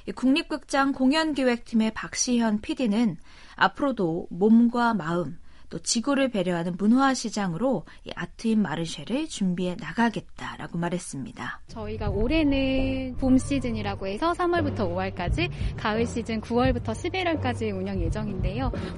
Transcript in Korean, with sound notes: 국립극장 공연기획팀의 박시현 PD는 앞으로도 몸과 마음, 지구를 배려하는 문화시장으로 ‘아트인 마르쉐’를 준비해 나가겠다고 말했습니다. [녹취: 국립극장 공연기획팀 pd] “저희가 올해는 봄 시즌이라고 해서 3월부터 5월까지 가을 시즌 9월부터 11월까지 운영 예정인데요.